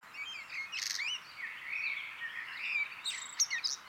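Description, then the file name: Eurasian blackbird song, soft warbled whistles with a few high scratchy notes over steady background hiss. "Turdus merula"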